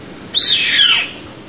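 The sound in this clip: Bird giving a single loud whistled call, a high note that slurs downward over about two-thirds of a second, with faint background hiss.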